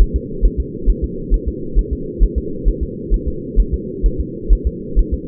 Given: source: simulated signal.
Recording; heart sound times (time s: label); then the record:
fetal heart sounds
0.01 s: S1
0.16 s: S2
0.45 s: S1
0.60 s: S2
0.90 s: S1
1.04 s: S2
1.34 s: S1
1.48 s: S2
1.79 s: S1
1.93 s: S2
2.23 s: S1
2.38 s: S2
2.69 s: S1
2.83 s: S2
3.14 s: S1
3.28 s: S2
3.60 s: S1
3.74 s: S2
4.06 s: S1
4.20 s: S2
4.53 s: S1
4.67 s: S2
4.99 s: S1
5.14 s: S2
From the record:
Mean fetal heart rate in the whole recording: 135 bpm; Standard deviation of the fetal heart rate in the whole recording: 3 bpm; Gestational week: 36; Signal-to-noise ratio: -4.3 dB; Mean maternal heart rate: 72 bpm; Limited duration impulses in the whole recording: absent